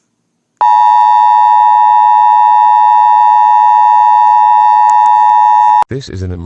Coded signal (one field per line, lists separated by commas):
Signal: Emergency Alert System (SAME) tones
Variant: 853 and 960 Hz attention tone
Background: speech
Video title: EAS SCENARIO - THE MOON COLLISION